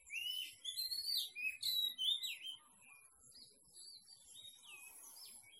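Ringing, whistled bird phrases with quick upward and downward slides come first, followed by softer, spaced whistles.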